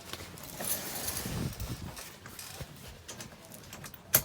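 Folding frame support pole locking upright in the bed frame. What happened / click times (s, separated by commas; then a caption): The raised frame pole clicked and locked upright / 4.2 s. A folding frame support pole on the second side of a bed frame is raised upright, with rustling, light metallic jangling and a few small knocks as it is handled. At 4.2 s a sharp, loud click sounds as the pole locks into place, fully seated.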